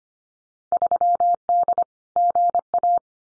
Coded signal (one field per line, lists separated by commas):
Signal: Morse code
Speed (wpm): 25 wpm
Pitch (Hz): 700 Hz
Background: none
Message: 3D GA